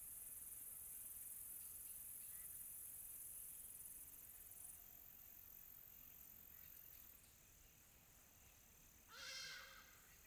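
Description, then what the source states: Cricket giving a continuous high, shrill trill that changes slightly in tone midway, with a brief sharp sound near the end. Recorded on a quiet tropical night.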